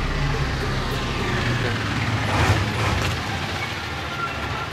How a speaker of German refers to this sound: Morgens um 7 fahren die blau-gelben Laster des Kreuzberger Umzugskombinats Zapfumzüge nah und fern von ihrem Fuhrhof an der Spree